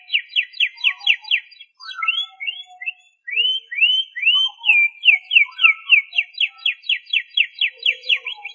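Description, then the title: Canary song with a burst of fast chirped notes, a brief pause, slurred whistles, then steady rhythmic repeated syllables. "Suara Kenari"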